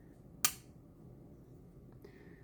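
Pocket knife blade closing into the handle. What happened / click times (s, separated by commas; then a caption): The folding blade snapped shut under spring tension / 0.4 s. A stockman slipjoint pocket knife blade closes into the handle under spring tension, going shut early before the user is ready. One loud, sharp snap is heard at 0.4 s, followed by a faint, brief sound near 2.1 s. The blade snaps fully home.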